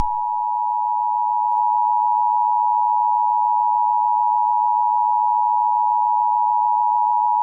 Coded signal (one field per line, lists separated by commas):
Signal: Emergency Alert System (SAME) tones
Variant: 853 and 960 Hz attention tone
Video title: EAS Scenario: Don't Go to Sleep #easscenario #horror #scary #horrortok #demon #devil